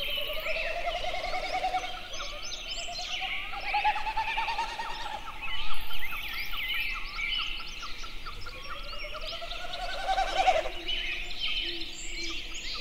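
Snipe producing two tremulous, rising hums, each swelling and then breaking off, while many small birds sing and chatter constantly.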